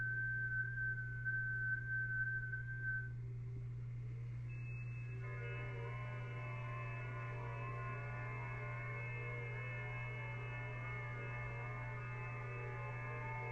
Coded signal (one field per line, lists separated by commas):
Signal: FT8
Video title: Chasing Dx With RUMLogNG and JTDX: The Ultimate!